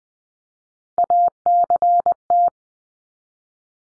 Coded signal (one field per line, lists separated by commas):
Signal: Morse code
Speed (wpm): 20 wpm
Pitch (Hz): 700 Hz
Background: none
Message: ACT